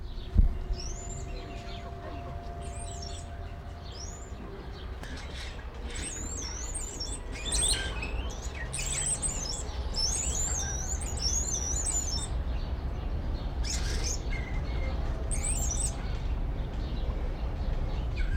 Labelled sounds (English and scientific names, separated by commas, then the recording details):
Wattled Starling (Creatophora cinerea)
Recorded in captivity
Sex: male
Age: adult
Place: Zoo Berlin, Berlin, DE
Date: 1994-04-02 11:45
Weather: wolkig bis heiter, 8-10°C
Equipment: Marantz CP 430, Sennheiser ME 80, Kopie Uher Variocord 263
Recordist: Tembrock, Günter